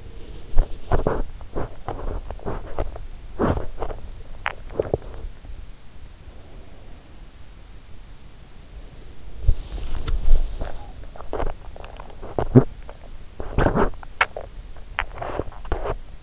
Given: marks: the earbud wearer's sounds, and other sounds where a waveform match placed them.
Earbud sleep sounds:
sounds in sleep by an in-ear microphone; teeth grinding, body movement
0.00-6.02 s: teeth grinding
9.08-12.95 s: body movement
10.60-16.23 s: teeth grinding

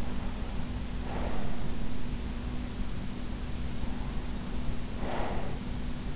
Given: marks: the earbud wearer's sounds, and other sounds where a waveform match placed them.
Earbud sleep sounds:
sounds in sleep by an in-ear microphone; breath
0.64-1.83 s: breath
4.39-6.16 s: breath

